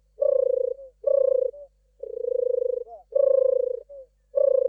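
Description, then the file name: European turtle dove giving deep, vibrating purrs in a steady run of phrases under a second long with brief gaps. "Tortora"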